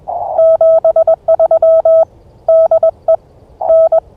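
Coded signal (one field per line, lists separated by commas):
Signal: Morse code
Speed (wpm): 21 wpm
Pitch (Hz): 660 Hz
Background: none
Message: 73 DE N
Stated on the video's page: Unedited Morse pile-up during an early-morning Parks on the Air activation at a Kentucky state nature preserve.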